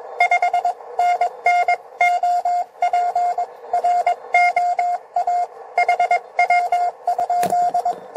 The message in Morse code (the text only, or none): 5NN OP ROA HW?